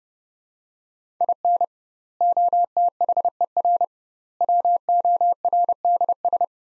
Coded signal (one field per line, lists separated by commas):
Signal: Morse code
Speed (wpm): 30 wpm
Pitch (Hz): 700 Hz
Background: none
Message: IN OTHER WORDS